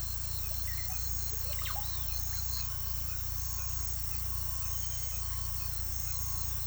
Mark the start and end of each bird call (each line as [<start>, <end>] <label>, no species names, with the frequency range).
[0.50, 1.14] bird call (0.2-3.9 kHz)
[1.47, 2.06] bird call (0.4-4.8 kHz)